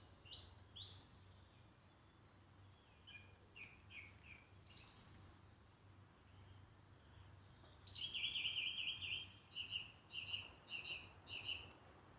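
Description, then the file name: Bird song of short high chirps and slurred notes, then a bright rapid trill followed by a few evenly spaced repeated notes, over a steady low hum. "oiseau"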